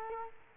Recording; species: mosquito wingbeat signal from an infrared sensor; Culex quinquefasciatus